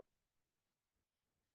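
An embroidery hoop holding felt and stabilizer is slid under the embroidery unit of a SINGER sewing/embroidery machine and onto the machine's connector. It gives a single short click at 0.0 s, followed by near silence. The hoop is seated, set up and secure.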